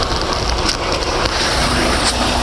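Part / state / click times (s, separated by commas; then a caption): locking pins of a sliding fifth wheel on a truck tractor frame rail / released / 0.5 s. With the slider release switch held in the cab, the locking pins of a sliding fifth wheel on a truck tractor frame rail pull out of their holes in the steel rail. A sharp click sounds at 0.5 s over steady broadband noise, and the pins are disengaged and the slider released.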